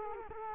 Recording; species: mosquito wingbeat signal from an infrared sensor; Culex quinquefasciatus